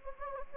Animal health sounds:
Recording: mosquito wingbeat signal from an infrared sensor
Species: Anopheles gambiae

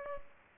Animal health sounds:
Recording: mosquito wingbeat signal from an infrared sensor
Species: Culex pipiens

